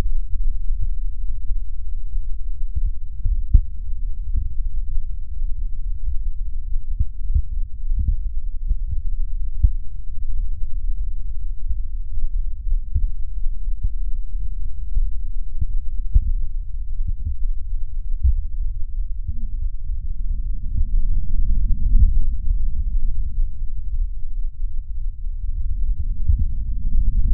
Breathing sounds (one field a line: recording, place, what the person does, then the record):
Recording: lung sounds by stethoscope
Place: right posterior apical chest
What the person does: quiet breathing, then deep breathing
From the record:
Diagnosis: none (healthy)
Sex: male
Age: 23 years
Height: 185 cm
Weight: 93 kg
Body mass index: 27.2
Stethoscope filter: bell mode